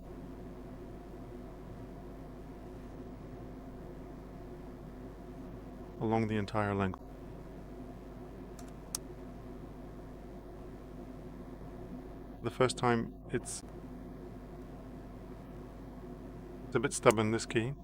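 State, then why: Released. Someone talks while the Z keycap on a laptop keyboard's scissor mechanism is pressed from the bottom along its length with a pry tool, noted as a bit stubborn the first time. A faint tick at 8.6 s is followed by a sharp click at 9.0 s as the keycap's clip clicks free and the Z keycap is released.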